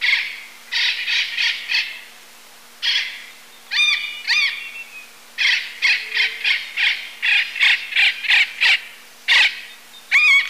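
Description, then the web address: Yellow-eared parrot calls: loud, nasal, grating squawks in uneven series, some with ringing overtones, with short pauses between bouts and a faint low hum beneath. Recorded in Ecuador. "Birds of Ecuador. Yellow-eared Parrot"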